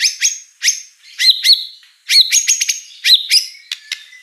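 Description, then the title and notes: White-rumped shama song of sharp high chips mixed with short whistled notes, bursts separated by brief pauses. Lure song of a lively singing white-rumped shama with a rich, varied repertoire. "Pancingan Gacor Murai Batu Bongkar Isian Mewah. Audio Murai Batu Dongfeng"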